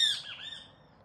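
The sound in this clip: Kiskadee giving a single short, harsh squawk that slides down and fades within a second.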